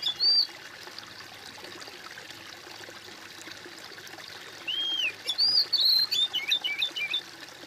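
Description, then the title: Bird song: a short whistled arc at the start, a long quiet gap over steady hiss, then a lively run of clear whistled, rising and falling notes near the end. "kOMPILASI suara bird"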